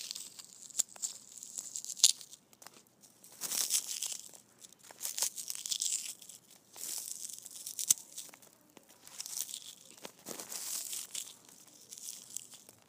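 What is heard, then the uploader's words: Foam balls are squished in repeated bursts, each a soft, crackly rustle with a hissy top, lasting a second or so. The bursts come irregularly across the clip, with brief near-silent gaps between them and a few sharp clicks, around two and eight seconds. ASMR Foam Balls Squishing.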